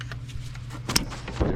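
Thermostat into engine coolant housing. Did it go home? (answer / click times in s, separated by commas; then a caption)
yes / 1.0 s. A Crown C5 forklift engine thermostat is pressed into its engine coolant housing over a low steady hum, and it snaps in place with a sharp click at 1.0 s. A duller thump follows near 1.4 s. The thermostat is seated all the way in.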